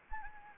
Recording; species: mosquito wingbeat signal from an infrared sensor; Anopheles gambiae